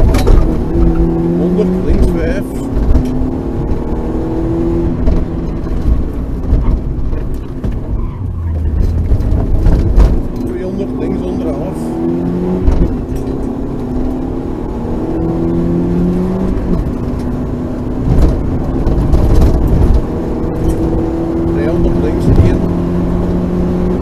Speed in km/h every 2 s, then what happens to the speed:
63, 75, 61, 30, 37, 50, 62, 78, 90, 99, 106, 112.
0-3 speeds up to 75. 3-7 brakes to 30. 7-24 speeds up to 112.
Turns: 4-8.